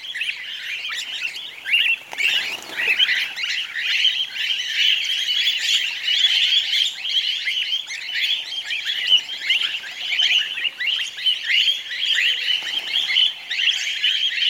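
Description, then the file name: Cockatiels in a noisy flock, overlapping harsh, warbling calls pouring out without pause, swelling in bursts throughout. Several cockatiels. "BIRD-cockatiels e baines-riv nt"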